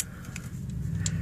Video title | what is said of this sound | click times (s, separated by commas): Tf Combiner wars silverbolt | and these will lock into place and you got the main torso of | 1.1 s